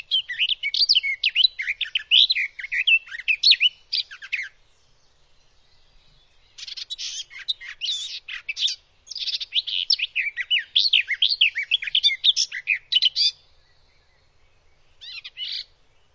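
Bird song in rapid, varied twittering phrases of chirps and warbles, several bursts lasting a few seconds separated by pauses, with a brief final phrase near the end.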